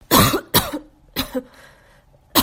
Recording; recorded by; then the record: voluntary cough; messaging app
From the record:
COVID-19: negative